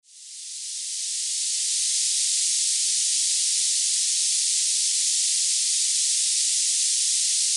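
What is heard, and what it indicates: Synthetic tinnitus masking noise: a steady, high-pitched hiss concentrated above about 1 kHz, fading in over the first two seconds and then holding level. It is a panning masking sound centred on 2.5 kHz, 6.5 kHz and 8 kHz.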